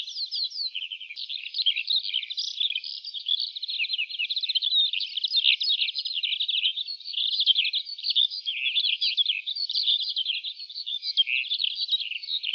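Lark singing a long, unbroken outpouring of fast buzzy trills and chirps, tightly packed notes tumbling on without pause.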